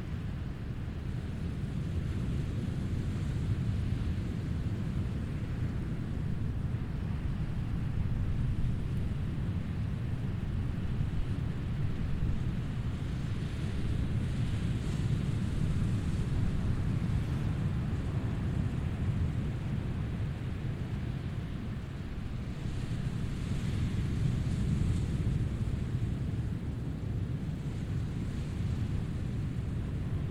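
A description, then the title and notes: Rogers Beach: a continuous low roar fills the whole stretch, thick and rumbling with little brightness on top. Gentle swells in loudness come and go, slightly stronger around fifteen and twenty-four seconds, like surf mixed with wind buffeting the microphone. These relaxing sounds are coming to you from Rogers Beach.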